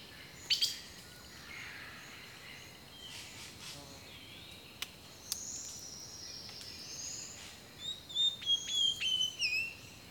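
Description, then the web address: Bird song opens with a sharp chip, then quiet scattered notes, ending in a run of fluttering descending whistles near the close. Rainforest birdsong. "The Natural Sounds of the Wilderness collection Echoes of Nature - Rainforest Birdsong"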